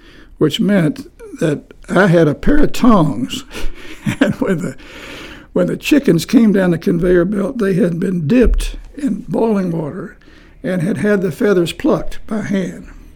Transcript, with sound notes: which meant that I had a pair of tongues [Chuckling] and when the, when the chickens came down the conveyor belt, they hadn’t been dipped in boiling water and had had the feathers plucked by hand,